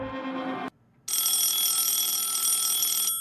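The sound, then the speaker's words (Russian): A field telephone rings insistently: a short buzzing ring, a brief pause, then a longer, loud, shrill ring that holds steady for about two seconds before cutting off. “Требовательно затрещал пылевой тапик.”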